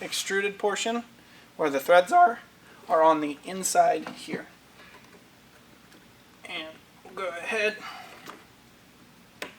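Someone talks while handling a threaded clip-on nut from a Rokblokz Fender Extension kit for a 2023+ Speed UTV El Jefe, preparing to slide it down from the top onto the plastic fender flap with the threaded extruded portion on the inside. Nothing has clicked or seated onto the flap yet.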